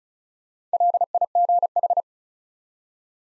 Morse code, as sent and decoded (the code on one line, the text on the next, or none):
.-.. .. --. ....
LIGH